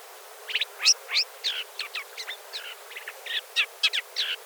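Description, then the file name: Isabelline shrike with a rapid series of varied scratchy notes and brief whistled squeaks, some rising and falling, delivered unevenly over a few seconds. "Golosa ptic - Bulanyj zhulan Lanius isabellinus"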